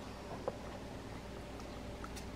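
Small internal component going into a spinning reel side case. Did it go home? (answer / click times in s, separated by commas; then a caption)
yes / 2.0 s. A small internal part of a Daiwa BG 4000 DigiGear spinning fishing reel is pushed up into its hole in the side case during reassembly. A sharp tick sounds at 0.5 s over low background noise, then a soft click at 2.0 s marks the part seating in the side case.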